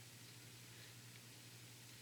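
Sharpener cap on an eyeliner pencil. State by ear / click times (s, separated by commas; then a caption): not seated / none. A plastic cap with a built-in sharpener is twisted onto an eyeliner pencil, with only a faint steady hiss and a low hum throughout. The sharpener has not snapped yet.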